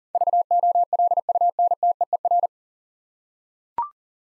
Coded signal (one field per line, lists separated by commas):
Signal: Morse code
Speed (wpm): 40 wpm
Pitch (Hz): 700 Hz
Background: none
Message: VOLUNTEER